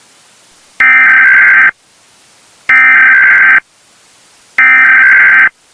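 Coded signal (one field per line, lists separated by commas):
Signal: Emergency Alert System (SAME) tones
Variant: header bursts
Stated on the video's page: Fictional scenario using valid alert tones.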